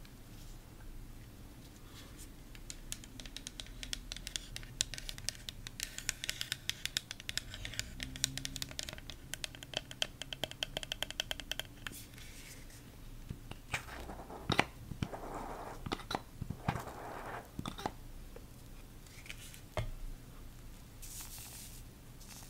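Lo-fi skin care ASMR with no talking: a steady low hum runs underneath, while dense, fast taps and crinkly clicks cluster through the first half. Later the sounds thin out into scattered sharper taps, brief brushing swishes and soft rubbing strokes.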